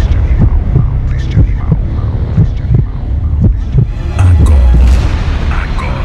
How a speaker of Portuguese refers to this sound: Preparem-se. Sinta a poderosa batida do coração deste animal.